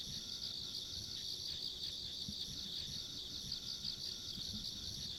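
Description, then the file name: Insects keep up a dense, shrill pulsing chorus without pause, accompanied by faint high whine and low background noise. Ambient insect sounds along a rural country road. "田舎道の虫の環境音"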